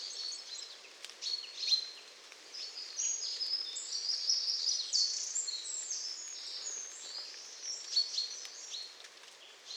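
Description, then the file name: Eurasian wren song, a long run of high-pitched rapid trills and sharp chattering notes pouring out almost continuously, with soft background hiss. "Troglodytes troglodytes"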